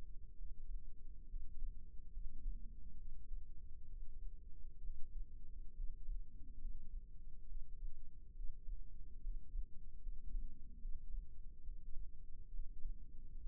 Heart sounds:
heart sounds by microphone in the left ear; 69 bpm
0.37 s: heartbeat
1.28 s: heartbeat
2.13 s: heartbeat
2.98 s: heartbeat
3.88 s: heartbeat
4.82 s: heartbeat
5.76 s: heartbeat
6.61 s: heartbeat
7.48 s: heartbeat
8.35 s: heartbeat
9.22 s: heartbeat
10.02 s: heartbeat
10.81 s: heartbeat
11.63 s: heartbeat
12.52 s: heartbeat
13.43 s: heartbeat
From the record:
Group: healthy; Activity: rest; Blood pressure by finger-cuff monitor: 81/56 mmHg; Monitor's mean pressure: 64 mmHg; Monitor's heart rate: 68 bpm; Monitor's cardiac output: 5.7 L/min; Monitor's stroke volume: 83 mL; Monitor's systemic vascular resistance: 820 dyn s/cm5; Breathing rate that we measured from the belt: 15 breaths a minute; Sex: male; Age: 22 years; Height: 181 cm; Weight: 79 kg

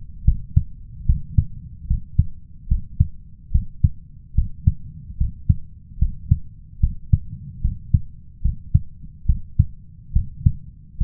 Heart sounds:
heart sounds by stethoscope; 73 bpm
0.24 s: heartbeat
1.06 s: heartbeat
1.87 s: heartbeat
2.68 s: heartbeat
3.51 s: heartbeat
4.34 s: heartbeat
5.17 s: heartbeat
5.98 s: heartbeat
6.80 s: heartbeat
7.61 s: heartbeat
8.41 s: heartbeat
9.25 s: heartbeat
10.12 s: heartbeat
10.97 s: heartbeat
From the record:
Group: healthy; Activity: rest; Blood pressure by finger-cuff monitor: 97/68 mmHg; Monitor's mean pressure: 76 mmHg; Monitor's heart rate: 73 bpm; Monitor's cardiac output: 5.4 L/min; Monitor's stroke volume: 71 mL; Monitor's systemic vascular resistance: 1000 dyn s/cm5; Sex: male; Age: 21 years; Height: 170 cm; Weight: 71 kg

